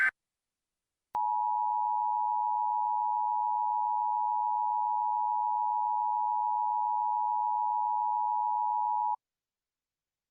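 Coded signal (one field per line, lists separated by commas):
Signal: Emergency Alert System (SAME) tones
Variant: 853 and 960 Hz attention tone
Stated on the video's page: Fake EAS alert about a fictional nuclear plant fire, a mock with multiple activations and added external sound effects.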